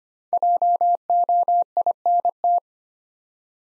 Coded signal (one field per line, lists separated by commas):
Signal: Morse code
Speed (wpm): 25 wpm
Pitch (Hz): 700 Hz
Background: none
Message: JOINT